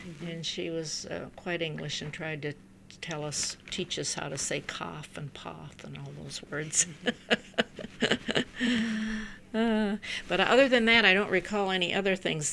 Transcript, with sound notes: and she was quite English and tried to tell us, teach us how to say, "Cough, and pop," and all those words. ( she laughs ) But other than that I don't recall any other things.